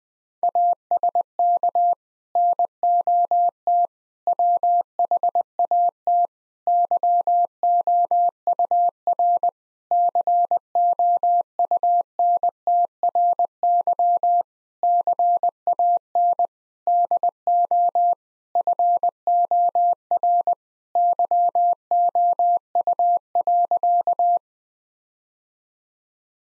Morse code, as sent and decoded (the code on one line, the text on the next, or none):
.- ... -.- / -. --- - / .-- .... .- - / -.-- --- ..- .-. / -.-. --- ..- -. - .-. -.-- / -.-. .- -. / -.. --- / ..-. --- .-. / -.-- --- ..- .-.-.-
ASK NOT WHAT YOUR COUNTRY CAN DO FOR YOU.